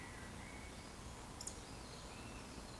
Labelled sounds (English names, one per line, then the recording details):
Eurasian Woodcock whistle
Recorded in Baden-Württemberg, Germany, on 12 June 2020 at 20:02 UTC
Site 14569, 102 m above sea level